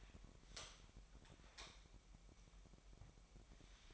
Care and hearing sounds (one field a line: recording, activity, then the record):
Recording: daily activity, microphone in the room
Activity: light on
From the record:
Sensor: 1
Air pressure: 1012.0 hPa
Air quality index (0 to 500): 237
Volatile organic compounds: 6 ppm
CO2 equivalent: 1884 ppm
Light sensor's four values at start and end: 15/35/15/17 and 18/50/20/22